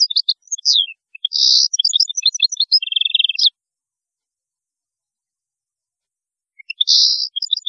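European goldfinch song: rapid chattering twitter with buzzy, nasal phrases and a short trill, stopping for about three seconds, then starting again.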